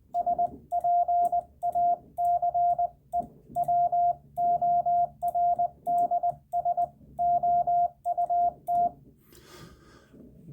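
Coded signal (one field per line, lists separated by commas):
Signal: Morse code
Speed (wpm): 20 wpm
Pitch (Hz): 700 Hz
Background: radio noise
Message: SPACE WORDS OUT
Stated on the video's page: Rag-chew CW.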